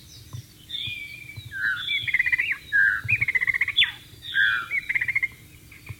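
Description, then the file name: White-rumped shama song with sweet whistled phrases, rapid stuttering trills and sharp downward notes, delivered in varied bursts with faint low background hum. Wild bird, in the wild. "suara burung murai batu di alam liar"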